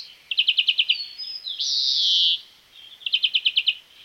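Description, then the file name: European greenfinch with a quick trill of chirps, a long harsh nasal wheeze, then another rapid chirping trill. "Chloris chloris"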